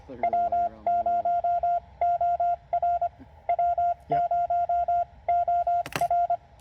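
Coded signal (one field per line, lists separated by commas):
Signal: Morse code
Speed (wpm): 22 wpm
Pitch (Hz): 700 Hz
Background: none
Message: W0OR W0OR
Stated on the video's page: CW Parks on the Air activation at a state park using a Penntek TR-45L, under poor conditions.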